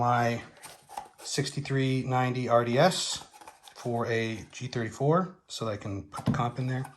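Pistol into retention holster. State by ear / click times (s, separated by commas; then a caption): not seated / none. A Glock 19 Gen 4 pistol is handled at a Safariland 6390 RDS retention holster made for a G34, shimmed with a small piece of electrical tape and sized to fit a compensator. Someone talks throughout, with no sharp impact sounds. Nothing has seated or clicked yet; the pistol is not yet locked into the holster retention.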